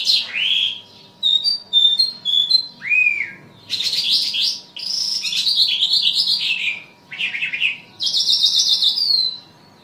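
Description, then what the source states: Bimaculated lark song mixing short high chirps, a downslurred note and long scratchy warbled phrases, delivered in bursts with brief gaps; faint hum behind. Recorded in Afghanistan.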